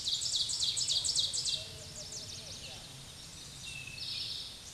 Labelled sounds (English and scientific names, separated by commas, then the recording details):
Ovenbird (Seiurus aurocapilla) song
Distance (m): 30 m
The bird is about 10 m above the microphone
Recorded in a Pennsylvania forest on 16 May 2024 at 06:47
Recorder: AudioMoth, point MSD-2391
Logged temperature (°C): 15.0 °C
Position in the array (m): 90 m, 38 m